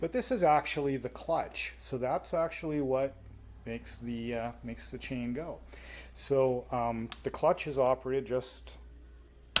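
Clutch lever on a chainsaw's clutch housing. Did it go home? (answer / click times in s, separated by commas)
yes / 9.6 s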